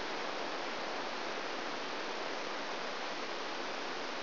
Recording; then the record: brain microelectrode recording played as sound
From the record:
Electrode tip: outside the subthalamic nucleus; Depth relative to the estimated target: 3 mm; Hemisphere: left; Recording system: AlphaMap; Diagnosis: Parkinson's disease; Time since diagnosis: 13 years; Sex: male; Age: 63 years